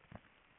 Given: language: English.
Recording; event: throat vibration sensor signal played as sound; swallow